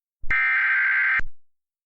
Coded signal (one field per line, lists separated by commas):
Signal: Emergency Alert System (SAME) tones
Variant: header bursts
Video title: Rumors! - EAS Mock